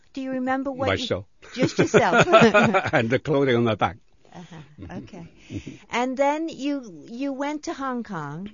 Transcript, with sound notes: Do you remember what you...
Myself.
Just yourself.
( they laugh ) And the clothing on my back.
Uh-huh. Okay. And then you, you went to Hong Kong.